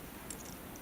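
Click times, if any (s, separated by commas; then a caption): none. An original AT&T MicroSIM card is handled against a tight-fitting plastic MicroSIM-to-standard-SIM adapter, with a faint brief tick at about 0.3 s over a steady low hiss. The card has not yet clicked into the adapter; nothing has seated by the end of the clip.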